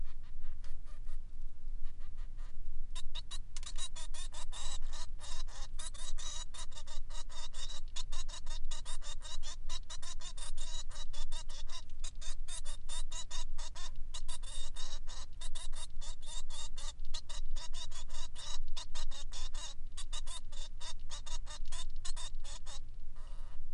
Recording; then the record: song of a male Bengalese finch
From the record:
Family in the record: son of father 3